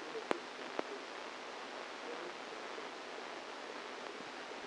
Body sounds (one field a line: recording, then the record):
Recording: brain microelectrode recording played as sound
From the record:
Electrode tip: outside the subthalamic nucleus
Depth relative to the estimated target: 4 mm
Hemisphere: right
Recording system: NeuroSet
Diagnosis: Parkinson's disease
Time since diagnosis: 10 years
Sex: female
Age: 45 years